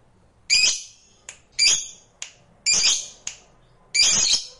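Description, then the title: Lovebird giving harsh, squawky high calls in short bursts about once a second, with softer clicks between them. Lovebird sound meant to stimulate a lazy, reluctant lovebird into singing spontaneously and eagerly. "LOVEBIRD Malas Bunyi JADI GREGET SPONTAN Langsung NARIK"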